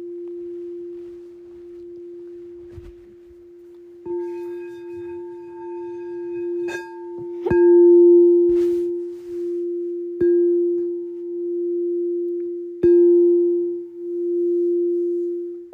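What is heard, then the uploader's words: A gong's steady low hum rings throughout, renewed by sharp metallic strikes about every two to three seconds that briefly add bright overtones. 30-Day Gong Challenge.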